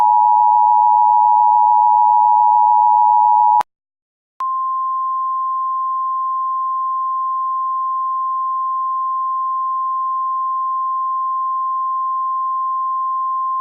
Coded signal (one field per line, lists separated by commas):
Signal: Emergency Alert System (SAME) tones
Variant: 853 and 960 Hz attention tone